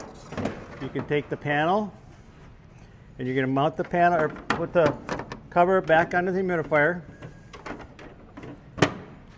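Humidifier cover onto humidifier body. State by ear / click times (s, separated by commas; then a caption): seated / 8.8 s. Someone talks while the plastic cover is mounted back onto the humidifier, with the humidifier's water panel being put back in place, and a few soft knocks of handling are heard near the end. At 8.8 s a sharp snap marks the cover seating back into place on the humidifier body.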